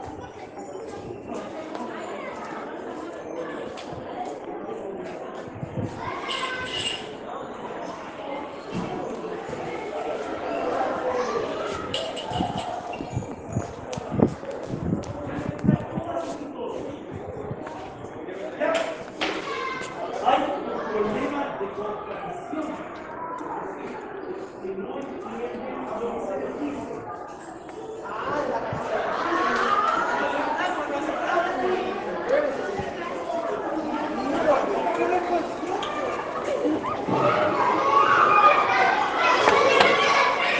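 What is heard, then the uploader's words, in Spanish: A soundscape at a school, full of overlapping voices as many people talk at once. Sharp knocks and clatters break through now and then, and the chatter grows louder and denser from about the thirty-second mark. Salas - paisaje sonoro en la escuela. Por Victor Chamorro y Diego Guiñez.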